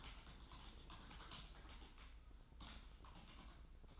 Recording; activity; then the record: daily activity, microphone in the room; typing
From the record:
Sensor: 3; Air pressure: 994.4 hPa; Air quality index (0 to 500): 205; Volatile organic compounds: 1000 ppm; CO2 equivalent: 6802 ppm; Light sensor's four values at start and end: 84/197/82/78 and 84/197/81/78